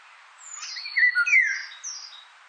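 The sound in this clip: Indian golden oriole giving one short phrase of mellow fluty whistles mixed with thin high notes.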